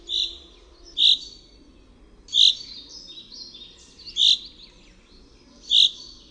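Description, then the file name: Common chaffinch calls: five short, bright, high notes at irregular intervals, each sharp and clipped, against a quiet background. "ZIEBA"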